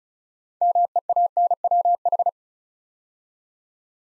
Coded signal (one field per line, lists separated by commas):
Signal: Morse code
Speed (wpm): 36 wpm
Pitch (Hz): 700 Hz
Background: none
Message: MEANWH